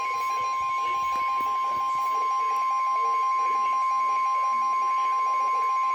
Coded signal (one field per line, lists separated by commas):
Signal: Emergency Alert System (SAME) tones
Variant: 1050 Hz attention tone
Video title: EAS Alerts From April 10, 2025: Short Compilation